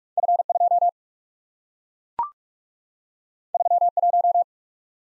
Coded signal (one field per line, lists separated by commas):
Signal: Morse code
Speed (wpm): 44 wpm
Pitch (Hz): 700 Hz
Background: none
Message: F 2 3 1